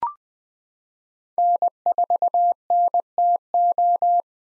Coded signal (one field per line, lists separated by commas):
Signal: Morse code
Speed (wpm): 20 wpm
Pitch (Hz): 700 Hz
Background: none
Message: N4NTO